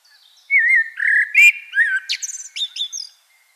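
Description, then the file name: Common blackbird song: one phrase of low, fluty, warbled whistles that breaks into high, squeaky twittering near its end. "Turdus merula"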